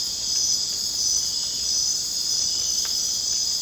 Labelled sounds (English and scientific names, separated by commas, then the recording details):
none
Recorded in secondary vegetation near Puerto Asís, Putumayo, Colombia, on 27 June 2025 at 22:30
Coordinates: 0.484, -76.319
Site G074